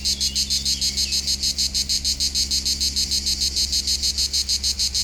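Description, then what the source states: Cicada chorus with sharp, rapid, evenly spaced buzzy pulses and a low steady hum behind. Local cicadas in full activity on a hot summer day at the foot of the Molard de Vions, 39 Rue de Boveron, Vions, France; rhythmic song.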